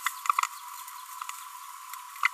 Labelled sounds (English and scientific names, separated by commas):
Green-rumped Parrotlet (Forpus passerinus) babbling